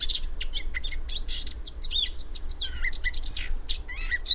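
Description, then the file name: Eurasian blackcap with a rapid, varied warble of high scratchy chips and short clear whistles, barely pausing, over a low rumble. "Sylvia atricapilla"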